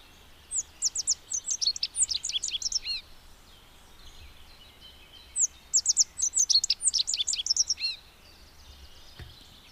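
Rock bunting repeating a quick twittering phrase of high thin notes ending in a lower buzzy note, twice, about five seconds apart, over steady background hiss.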